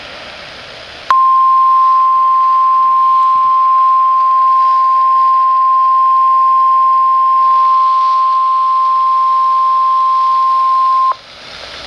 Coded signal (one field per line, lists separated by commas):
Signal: Emergency Alert System (SAME) tones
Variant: 1050 Hz attention tone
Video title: YOUTUBE FIRST!! Required Weekly Test from NWS Key West, Florida! (EAS #1,481)